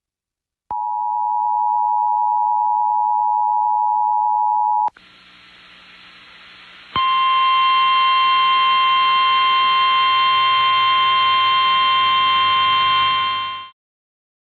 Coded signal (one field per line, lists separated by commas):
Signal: Emergency Alert System (SAME) tones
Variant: 853 and 960 Hz attention tone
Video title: FLOOD RISK OF HIGH OF CHRISTMAS EVE... EAS Alerts From 12/24/25 - 12/25/25 (EAS#5,003 - 5,037)